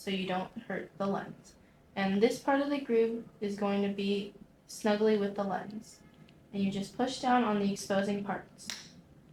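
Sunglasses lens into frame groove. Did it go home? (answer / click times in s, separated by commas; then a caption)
no / none. A replacement lens for Oakley Unknown sunglasses is being pressed down into the groove of the plastic frame while someone talks throughout. The lens is only being handled and worked into place; nothing has seated or clicked yet.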